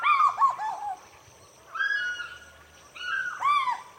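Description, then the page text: African fish eagle calls: a yelping run of falling notes, a pause, then shorter ringing phrases of the same call. Several birds calling at dawn over water at Djoudj National Bird Sanctuary, Senegal. "African fish eagles. Recorded by George Vlad"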